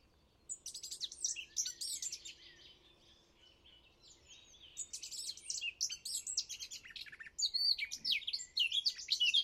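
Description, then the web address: Eurasian blackcap song: long scratchy, chattering warble, broken by a quieter pause, that grows louder and ends in brighter whistled notes. "chant didier collin fauvette a tete noire"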